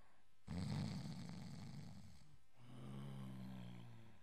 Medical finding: Snoring Long.